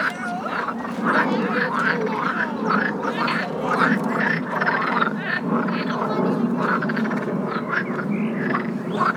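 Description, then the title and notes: Frog chorus, continuous loud quacking croaks from many animals overlapping rapidly, over a dull low rumble. Several frogs quacking at a pond in the Flora botanical garden, Cologne, Germany. "Amsterdamer Str. 52, 50735 Köln, Deutschland - Quackende Frösche. quacking frogs. Köln, Flora, Botanischer Garten, Teich, Frösche, Cologne, Botanical Garden, Pond, Frogs"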